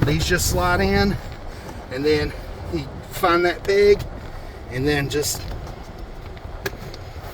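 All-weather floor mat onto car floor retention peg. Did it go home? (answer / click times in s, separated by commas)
yes / 6.7 s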